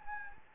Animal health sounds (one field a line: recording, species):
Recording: mosquito wingbeat signal from an infrared sensor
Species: Anopheles gambiae